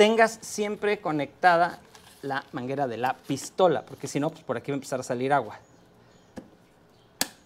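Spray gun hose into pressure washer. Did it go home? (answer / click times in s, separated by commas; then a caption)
yes / 7.2 s. Someone talks, then after a quiet pause the spray gun hose is pushed into a Kärcher K3 pressure washer, connected before the water supply hose. A faint tick comes at 6.4 s, then a sharp, loud click at 7.2 s as the connector seats home.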